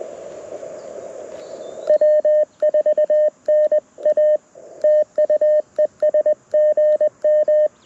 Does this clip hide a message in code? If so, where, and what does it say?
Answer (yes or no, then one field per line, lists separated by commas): yes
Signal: Morse code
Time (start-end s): 1.9-7.7 s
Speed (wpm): 21 wpm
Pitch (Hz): 610 Hz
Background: none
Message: W4NA TUESGM